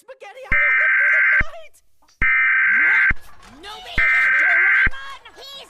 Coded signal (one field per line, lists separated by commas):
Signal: Emergency Alert System (SAME) tones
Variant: header bursts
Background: speech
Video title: EAS Mock: Law Enforcement Warning During Doraemon (4/2/21)